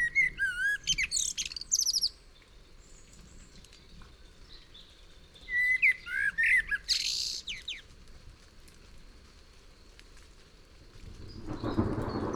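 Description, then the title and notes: Common Blackbird song: two phrases of low fluted notes running into high squeaky twittering, separated by a quiet pause, with a soft hiss throughout and a burst of noise at the end. Recorded in June 1999 at Massignieu-de-Rives, France, during a thunderstorm; Tascam DAP-1 recorder, Télingua microphone, Samplitude 5.1 software. "21 Route du Mollard, 01300 Massignieu-de-Rives, France - juin 1999 orage et merle. Merle et orage, puis grillons"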